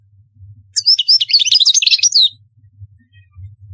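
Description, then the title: European goldfinch song: one brief burst of quick, high, liquid twittering notes over a faint low hum. "Chant Chardonneret"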